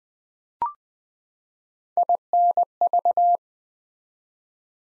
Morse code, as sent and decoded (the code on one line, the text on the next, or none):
.. -. ...-
INV